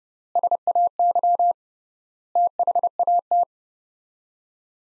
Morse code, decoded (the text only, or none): SAY THAT